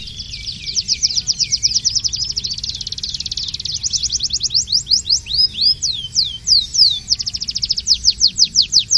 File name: audio kenari ajudan milik om satria hendawan omkicau